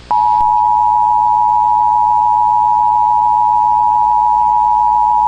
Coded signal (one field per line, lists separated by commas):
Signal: Emergency Alert System (SAME) tones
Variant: 853 and 960 Hz attention tone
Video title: EAS Scenario: SCP 3008 "The Infinite Ikea" [REMASTERED]